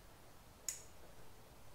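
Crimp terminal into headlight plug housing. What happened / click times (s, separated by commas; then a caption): The terminal clicked into the connector housing / 0.7 s. On a Honda Africa Twin headlight upgrade, a second crimp terminal for the H4 headlight plug is lined up and pushed into the plastic connector housing on the other side. Quiet handling sounds lead to a single sharp click at 0.7 s as the terminal seats in the housing.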